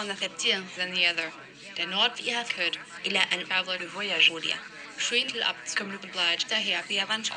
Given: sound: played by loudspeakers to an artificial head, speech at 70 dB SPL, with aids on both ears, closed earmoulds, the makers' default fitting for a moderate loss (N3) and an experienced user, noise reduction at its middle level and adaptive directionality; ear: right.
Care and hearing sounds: speech test signal (ISTS) in cocktail-party noise; +6 dB; on the right (90 degrees)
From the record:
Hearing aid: class 2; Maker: G

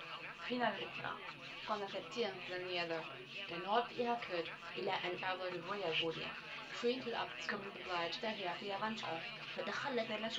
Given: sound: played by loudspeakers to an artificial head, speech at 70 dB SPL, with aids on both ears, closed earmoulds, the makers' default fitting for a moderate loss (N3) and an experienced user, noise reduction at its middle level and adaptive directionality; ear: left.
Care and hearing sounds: speech test signal (ISTS) in cocktail-party noise; +9 dB; on the right (90 degrees)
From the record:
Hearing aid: class 1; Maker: F

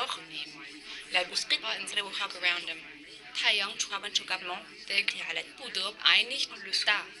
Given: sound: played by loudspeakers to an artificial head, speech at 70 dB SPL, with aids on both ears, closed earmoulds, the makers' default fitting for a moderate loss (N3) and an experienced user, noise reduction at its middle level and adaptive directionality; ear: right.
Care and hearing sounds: speech test signal (ISTS) in cocktail-party noise; +3 dB; in front (0 degrees)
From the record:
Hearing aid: class 2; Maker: B

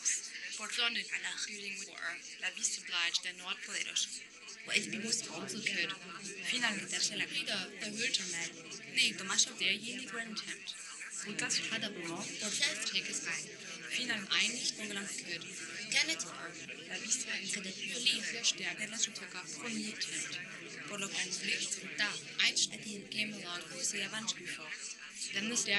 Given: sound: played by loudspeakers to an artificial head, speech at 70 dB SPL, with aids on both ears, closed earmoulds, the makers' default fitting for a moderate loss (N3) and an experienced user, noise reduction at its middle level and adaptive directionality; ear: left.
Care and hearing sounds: speech test signal (ISTS) in cocktail-party noise; 0 dB; in front (0 degrees)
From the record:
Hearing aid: class 1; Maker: J

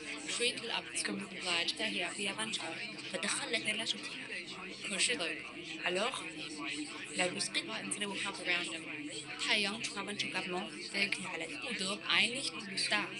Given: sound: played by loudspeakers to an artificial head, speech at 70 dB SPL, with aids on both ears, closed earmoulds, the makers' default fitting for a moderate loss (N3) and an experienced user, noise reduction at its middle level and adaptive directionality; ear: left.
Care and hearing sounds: speech test signal (ISTS) in cocktail-party noise; -3 dB; in front (0 degrees)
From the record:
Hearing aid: class 2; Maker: C

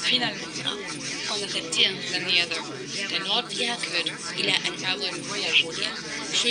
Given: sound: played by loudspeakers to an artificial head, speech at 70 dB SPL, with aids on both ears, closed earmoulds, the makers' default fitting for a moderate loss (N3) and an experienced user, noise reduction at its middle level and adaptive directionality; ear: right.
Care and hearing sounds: speech test signal (ISTS) in cocktail-party noise; -6 dB; in front (0 degrees)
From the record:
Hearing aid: class 2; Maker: A

